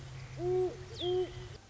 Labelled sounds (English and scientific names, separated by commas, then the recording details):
Great Horned Owl (Bubo virginianus)
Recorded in Sonoma County, California